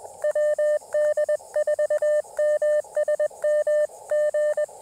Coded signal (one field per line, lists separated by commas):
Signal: Morse code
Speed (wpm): 21 wpm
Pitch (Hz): 600 Hz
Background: radio noise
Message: WD4MSM G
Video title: QRP POTA at Carolina Beach State Park: Testing a new KX2 Paddle Mount and Seeking Shade!